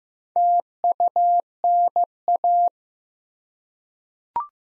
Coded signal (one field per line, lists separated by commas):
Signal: Morse code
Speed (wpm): 15 wpm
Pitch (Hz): 700 Hz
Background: none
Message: TUNA